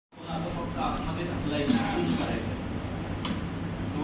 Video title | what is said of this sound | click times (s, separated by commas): BU CU VVPAT connection Control Unit Ballot Unit VVPAT Connections 21/10/2024 | वेळा cut असा आवाज येतो ते आतमध्ये क्लिप होऊन राहतोय | 3.2 s